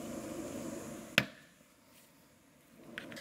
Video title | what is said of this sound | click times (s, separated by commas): How to Replace Coolant Reservoir 2001-2007 Volvo V70 | push it right in until it clicks so | 1.2 s